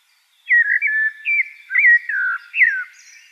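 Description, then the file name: Eurasian blackbird song: a single loud, fluted phrase of several rolling whistled notes that dip and rise, followed by a brief high squeaky flourish. "Turdus merula"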